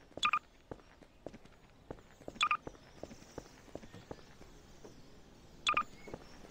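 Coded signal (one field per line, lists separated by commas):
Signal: none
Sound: game footstep sound effects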